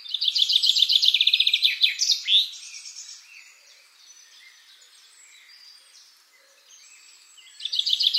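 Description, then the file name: Common chaffinch delivers a full trilled song with an end flourish, other birds twitter quietly, and a second trill begins just before the end. "Fringilla coelebs"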